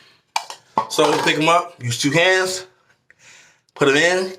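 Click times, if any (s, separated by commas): none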